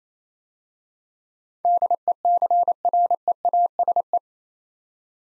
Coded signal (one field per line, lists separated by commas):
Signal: Morse code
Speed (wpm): 29 wpm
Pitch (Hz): 700 Hz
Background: none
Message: DECREASE